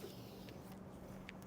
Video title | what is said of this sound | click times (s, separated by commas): S&B - Intake Elbow for 2019-24 6.7L Cummins *Prevent that OE Grid Heater Bolt Failure Point* | And you can hear it snap. I did that. | 1.3 s